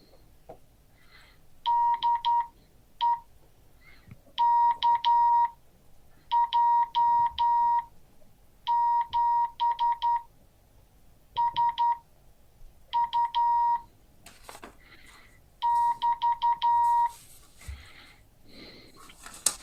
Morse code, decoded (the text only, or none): DE KJ7SU <BT>